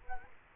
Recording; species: mosquito wingbeat signal from an infrared sensor; Culex quinquefasciatus